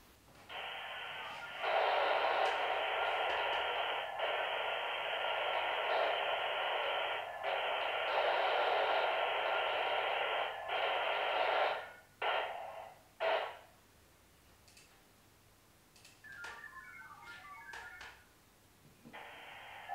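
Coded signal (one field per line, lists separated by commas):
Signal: HF data modem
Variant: VARA HF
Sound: long steady hiss-like data block, two short bursts, quiet gap, then data resumes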